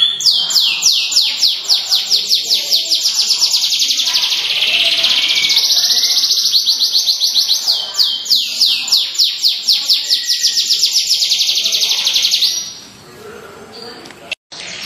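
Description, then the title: Canary song, a long unbroken run of fast, bright trilled sweeps with dense buzzy stretches in the middle, stopping abruptly before a quiet tail and a single click. Small standard canary, a contest-performing songbird, from Indonesia. "Kenari Standart Kecil Prestasi"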